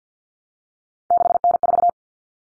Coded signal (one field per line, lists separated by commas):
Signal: Morse code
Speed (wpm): 50 wpm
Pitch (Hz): 700 Hz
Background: none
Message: 6N4